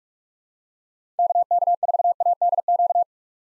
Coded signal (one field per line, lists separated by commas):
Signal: Morse code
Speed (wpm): 46 wpm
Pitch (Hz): 700 Hz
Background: none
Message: KK4ADQ